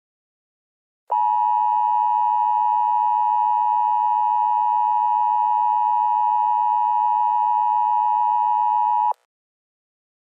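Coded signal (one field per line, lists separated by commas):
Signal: Emergency Alert System (SAME) tones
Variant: 853 and 960 Hz attention tone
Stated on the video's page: Fictional EAS scenario about a huge Hawaiian tsunami.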